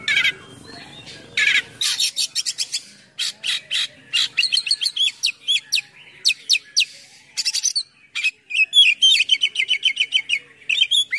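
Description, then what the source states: Oriental magpie-robin song: long varied medley of buzzy bursts, crisp chips and whistles, with quick repeated rising notes near the end. Full song with many imitated phrases (gacor, full isian), described as luxurious.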